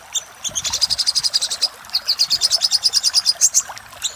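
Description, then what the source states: Little spiderhunter song, a fast run of sharp, high chipping notes in two bursts separated by a short pause. Master recording for training cage birds; labelled Labaik.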